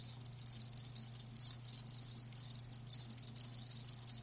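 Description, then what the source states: Crickets produce a continuous high buzzing trill with irregular short breaks, over a faint low hum. Live crickets chirping with a lulling song.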